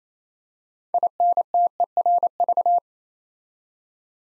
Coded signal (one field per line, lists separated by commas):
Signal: Morse code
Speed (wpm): 28 wpm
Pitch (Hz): 700 Hz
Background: none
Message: INTERV